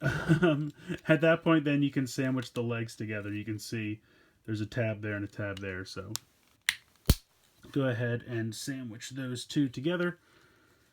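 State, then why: Seated. Someone talks while pressing together the two plastic leg halves of a Transformers Generations Titans Return Deluxe Class Autobot Topspin toy robot so their tabs lock. A sharp snap at 6.7 s marks the halves seating together.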